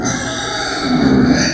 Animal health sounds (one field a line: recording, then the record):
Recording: squeal of a Yucatan mini pig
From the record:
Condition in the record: before surgery on the right vocal fold (resection and tissue-engineered implant)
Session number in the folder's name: 3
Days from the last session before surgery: 0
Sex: female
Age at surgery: 19 weeks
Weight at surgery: 25 kg